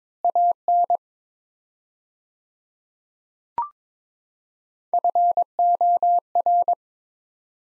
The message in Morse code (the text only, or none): AN FOR